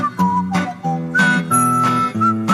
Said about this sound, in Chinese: 这早上上班路上吹口哨这事儿不是我啊，这歌里面它就自己带着的啊。